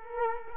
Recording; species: mosquito wingbeat signal from an infrared sensor; Culex quinquefasciatus